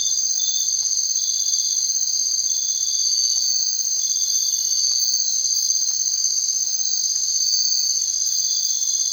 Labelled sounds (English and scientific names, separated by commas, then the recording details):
none
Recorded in secondary vegetation near Puerto Asís, Putumayo, Colombia, on 22 June 2025 at 02:30
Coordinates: 0.499, -76.323
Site G077